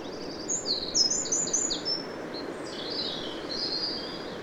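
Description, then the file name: Eurasian wren delivering a rapid, high, sputtering song of trills and quick slurred notes, fading toward the end, with steady low background noise throughout. "Troglodytes troglodytes"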